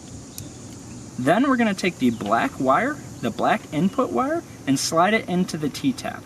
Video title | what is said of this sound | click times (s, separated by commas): Upgrade OEM Mirrors to Dual Function (Running & Signal) Silverado Sierra - V2.0 (2015-2019) | it over and squeeze it until it clicks then | 0.4 s